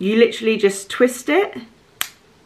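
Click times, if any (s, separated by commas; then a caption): 2.0 s. Someone talks, then twists the rotating dose dial on a small plastic skincare dispenser, and a single sharp click is heard at 2.0 s as the dial seats into the next daily dose position.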